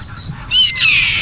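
Bird giving a loud, harsh call with rich harmonics that starts abruptly and slides downward, over faint low background noise.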